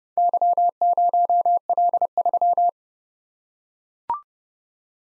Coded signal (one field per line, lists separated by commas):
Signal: Morse code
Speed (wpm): 27 wpm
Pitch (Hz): 700 Hz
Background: none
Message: Y0L3